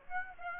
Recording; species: mosquito wingbeat signal from an infrared sensor; Aedes aegypti